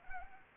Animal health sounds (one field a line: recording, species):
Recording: mosquito wingbeat signal from an infrared sensor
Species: Anopheles arabiensis